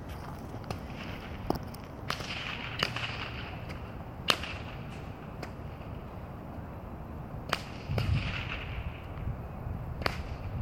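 Bullwhips crack sharply in Cowen Park, Seattle, about a dozen times in eleven seconds, at uneven intervals and with varying force. The snaps are bright and quick. A steady low rumble and hiss runs underneath, with a brief thump near the eight-second mark.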